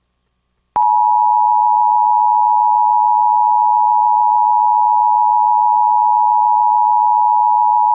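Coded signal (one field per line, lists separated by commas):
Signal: Emergency Alert System (SAME) tones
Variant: 853 and 960 Hz attention tone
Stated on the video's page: Reenactment mock of a Tornado Warning from the National Weather Service in Norman, OK; valid EAS tones.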